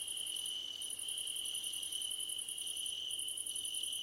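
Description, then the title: Crickets chirping in chorus: a steady high trill runs throughout beneath rapid pulsed bursts of very high chirps that break off briefly and resume, with a faint broken whine. Crickets chirping at night under a starlit sky. "Nighttime Ambience with Crickets"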